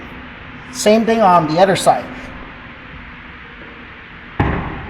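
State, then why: Released. Someone talks briefly, then a hand pulls up from under the other side of a Lexus ES300h Hybrid's rear seat cushion during a hybrid battery replacement. A single sharp snap at 4.4 s is the second retaining clip releasing from the car body, and the cushion comes free.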